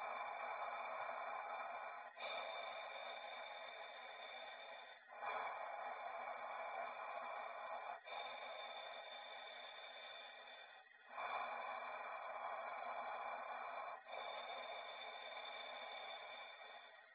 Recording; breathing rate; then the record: paced breathing near a phone; 10 breaths a minute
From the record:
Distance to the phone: 20 cm